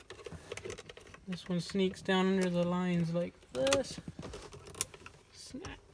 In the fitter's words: heard that one pop in perfect